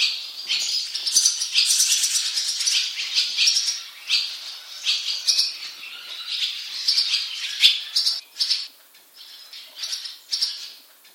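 Bird chatter, rattling and busy: dense high, scratchy notes that run together, then break into separate bursts near the end.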